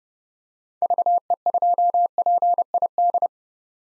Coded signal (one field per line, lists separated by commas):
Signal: Morse code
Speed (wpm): 32 wpm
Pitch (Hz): 700 Hz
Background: none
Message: VE2PID